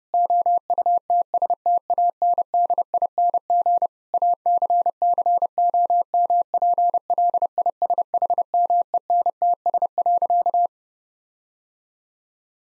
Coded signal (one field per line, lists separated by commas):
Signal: Morse code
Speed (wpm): 30 wpm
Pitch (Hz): 700 Hz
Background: none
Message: OUTSTANDING ACCOMPLISHMENTS.